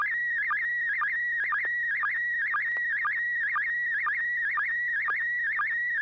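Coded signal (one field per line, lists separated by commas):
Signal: SSTV (slow-scan television)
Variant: PD120 mode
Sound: steady warbling whistle shifting in pitch, with a short low chirp about twice a second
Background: low electrical hum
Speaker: Well, I guess I've already tested audio and tone, so here we go. I don't need to ask for tone. PD 120.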